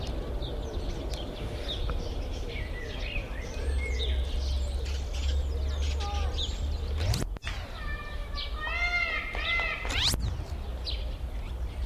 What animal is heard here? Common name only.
Black-tailed Prairie Dog